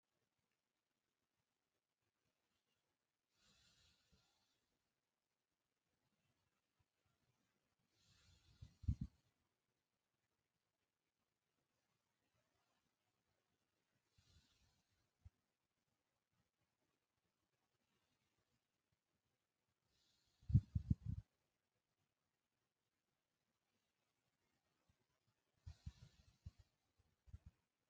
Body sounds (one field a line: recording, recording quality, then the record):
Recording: deep breathing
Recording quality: moderate, slight background noise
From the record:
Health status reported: healthy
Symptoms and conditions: hypertension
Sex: male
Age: 48 years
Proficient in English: yes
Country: India